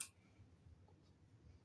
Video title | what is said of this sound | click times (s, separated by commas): HOW TO THREAD BOBBIN PART 1 | Okay. You cannot see. You'll hear click. That means you're successfully | 0.0 s